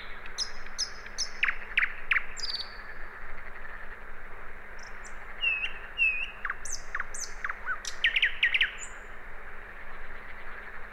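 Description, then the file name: Common nightingale singing varied phrases: high thin whistles, short repeated notes and sharp clicking bursts separated by brief pauses, over a steady low hum. "Luscinia megarhynchos"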